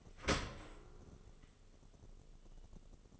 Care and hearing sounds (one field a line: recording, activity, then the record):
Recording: daily activity, microphone in the room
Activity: open dishwasher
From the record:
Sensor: 4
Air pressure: 1015.8 hPa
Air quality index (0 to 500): 100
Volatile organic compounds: 2 ppm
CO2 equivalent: 1114 ppm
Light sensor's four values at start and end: 9/19/7/7 and 8/18/7/7